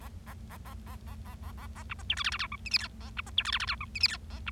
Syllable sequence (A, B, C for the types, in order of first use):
A A A A A A A A A A B C D E F F G H I J K A B C D E F F G H I J K A B